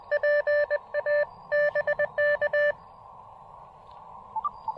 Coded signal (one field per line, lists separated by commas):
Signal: Morse code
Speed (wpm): 23 wpm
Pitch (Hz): 590 Hz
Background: none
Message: PA BK